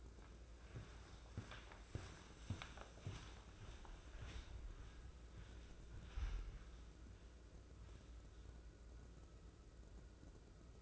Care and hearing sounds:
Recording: daily activity, microphone in the room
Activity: walk to room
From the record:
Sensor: 2

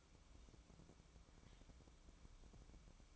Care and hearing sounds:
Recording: daily activity, microphone in the room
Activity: take from stove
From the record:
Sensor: 1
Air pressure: 1008.1 hPa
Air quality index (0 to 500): 135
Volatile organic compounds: 2 ppm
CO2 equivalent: 1134 ppm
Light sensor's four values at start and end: 8/18/7/8 and 8/18/7/8

